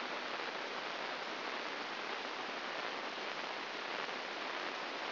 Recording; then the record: brain microelectrode recording played as sound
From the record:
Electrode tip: inside the subthalamic nucleus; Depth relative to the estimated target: 2 mm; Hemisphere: left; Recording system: AlphaMap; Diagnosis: Parkinson's disease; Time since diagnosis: 15 years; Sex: female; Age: 68 years